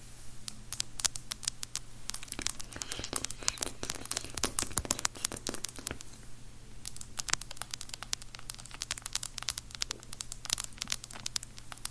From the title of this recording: Girl With Long Nails Spit Paints You With Random Objects